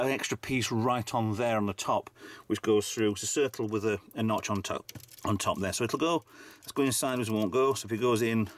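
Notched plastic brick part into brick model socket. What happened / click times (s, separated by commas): Part handled and positioned but not yet seated; no click heard / none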